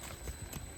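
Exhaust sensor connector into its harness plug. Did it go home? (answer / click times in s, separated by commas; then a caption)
no / none. A twist-lock exhaust sensor connector is being twisted down into its harness plug while the sensors on a Paccar exhaust manifold harness are reconnected, during a repair of a squeal caused by blown exhaust manifold gaskets. Only faint low handling bumps and a short sharp tap around 0.5 s are heard over a steady background hiss. The connector has not clicked or seated yet.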